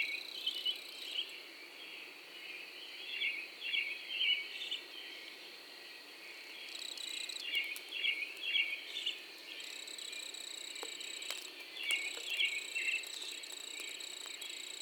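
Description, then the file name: Cricket giving a continuous high trill, with birds chirping in quick bursts and a long thin whistle appearing later. Single lone cricket calling in the early morning, April 2012. "Early AMBirds Lone Cricket Version TWOApril 2012"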